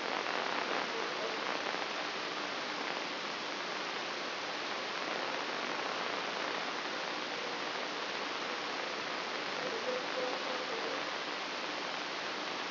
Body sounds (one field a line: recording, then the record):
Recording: brain microelectrode recording played as sound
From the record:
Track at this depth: inside the subthalamic nucleus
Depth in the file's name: 4.265 mm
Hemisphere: left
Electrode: 3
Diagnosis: Parkinson's disease